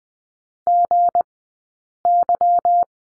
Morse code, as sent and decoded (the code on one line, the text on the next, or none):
--. -.--
GY